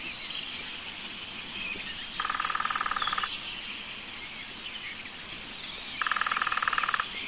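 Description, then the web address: Lesser spotted woodpecker giving two rapid trains of sharp, regular pulsed notes, each roughly a second long, about four seconds apart, amid faint hiss and chirps. "chants Pic epeichette"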